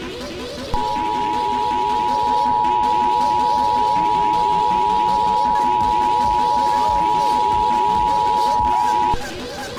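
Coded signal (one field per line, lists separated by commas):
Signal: Emergency Alert System (SAME) tones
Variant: 853 and 960 Hz attention tone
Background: speech, music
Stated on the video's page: Fictional Pillager Raid EAS alert, made with Animotica.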